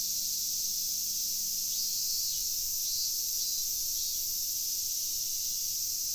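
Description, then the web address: Cicada: constant shrill buzzing of cicadas throughout, with a low hum fading out partway through. At a university parking lot in Fukushima, Japan, on 12 August 2011. "fukudai parking cicada"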